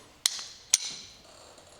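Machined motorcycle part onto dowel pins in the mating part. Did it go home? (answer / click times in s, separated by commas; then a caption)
yes / 0.3 s, 0.7 s. A machined motorcycle bracket for an FXR build is pushed or tapped onto the dowel pins in its mating part. Two sharp, bright knock-like hits land at 0.3 s and 0.7 s, each followed by a short high-pitched ringing tail that fades. The part pops into place and is seated on the dowel pins.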